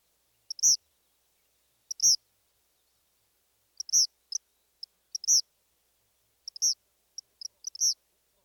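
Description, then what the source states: Eastern Kingbird song: very high, sharp sputtering notes in short stuttered bursts every one to two seconds, with brief ticks between. Variable high-pitched notes like electrical sparks jumping between two wires; stuttered quality with punctuated accents.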